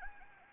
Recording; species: mosquito wingbeat signal from an infrared sensor; Anopheles gambiae